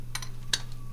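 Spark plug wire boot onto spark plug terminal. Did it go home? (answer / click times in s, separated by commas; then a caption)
yes / 0.5 s. A spark plug wire boot is pushed down onto the spark plug terminal in the cylinder head until it stops and snaps on. Two softer ticks at 0.1 and 0.2 s come first, then a sharp, bright click at 0.5 s, with a faint tick near 0.7 s, all over a steady low hum. The boot is seated on the plug.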